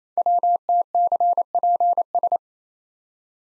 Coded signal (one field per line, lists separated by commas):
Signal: Morse code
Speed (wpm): 27 wpm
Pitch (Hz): 700 Hz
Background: none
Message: WTCPS